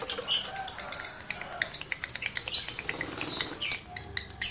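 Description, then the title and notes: Lovebird chattering song: rapid high-pitched twitters and buzzy chirps in quick bursts, with a few sharp squeaks, running continuously throughout. Male lovebird in breeding condition, singing; the recording is used to stimulate other lovebirds to sing continuously. "Birahi Lovebird Jantan ke Gacor. Pancingan Suara Lovebird jantan birahi"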